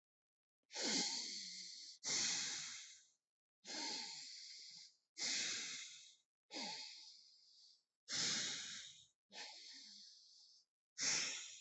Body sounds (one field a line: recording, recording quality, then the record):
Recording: deep breathing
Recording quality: excellent, no background noise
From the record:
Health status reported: healthy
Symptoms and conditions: none ticked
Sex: male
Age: 22 years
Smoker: not ticked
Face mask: not worn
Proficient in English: yes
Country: India